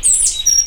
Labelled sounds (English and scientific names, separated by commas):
Stitchbird (Notiomystis cincta) song